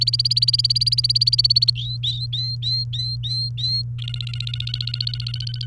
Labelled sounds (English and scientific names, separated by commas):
Domestic Canary (Serinus canaria) song